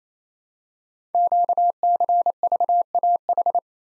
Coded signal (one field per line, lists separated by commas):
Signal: Morse code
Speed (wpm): 29 wpm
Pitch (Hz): 700 Hz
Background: none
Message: QCVAH